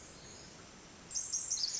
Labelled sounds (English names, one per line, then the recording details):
Pacific Wren
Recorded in Sonoma County, California